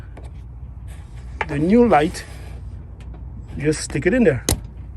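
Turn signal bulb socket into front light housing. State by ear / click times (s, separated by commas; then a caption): not seated / none. A new front turn signal bulb socket is handled and lined up to go into the front light housing of a 2012 Honda Pilot while someone talks, over a steady low background hum with a few faint taps. The socket is not yet home, and nothing has seated or clicked yet.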